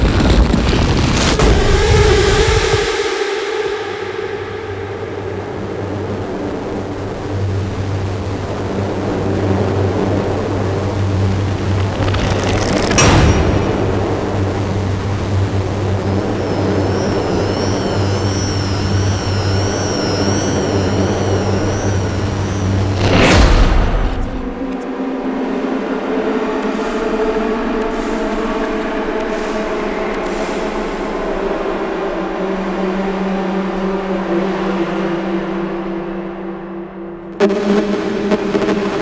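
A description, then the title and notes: Dark, oppressive drones with a heavy, rumbling low end that sounds almost like a train or machinery passing. The texture shifts in sections, with sharp bursts near 13, 23 and 37 seconds, and a thin high whine drifting through the middle. Dark Cinematic Soundscapes and Sound Effects. Desolate drones, dark background sounds, abstract ambiences, oppressive analog synth textures, disturbing whooshes, heavy impacts, scary SFX.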